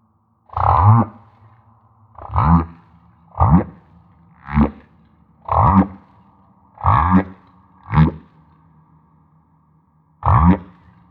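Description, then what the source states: Humpback whale song: eight rising whooping units with deep low components, at irregular intervals. Recorded off Maui.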